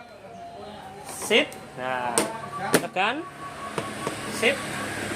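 A scooter seat is pressed down after dried grease and dust were cleaned from its seat lock, with the seat latch being brought toward the lock catch. Someone talks over handling noises and a few brief knocks, including a sharp one near 3.8 s. Nothing has seated or clicked yet by the end of the clip.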